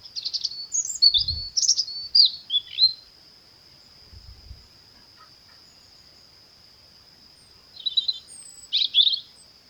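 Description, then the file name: European robin singing high, tinkling warbled phrases that rise and fall quickly, in bursts separated by a long pause, over a constant high-pitched tone. "Erithacus rubecula"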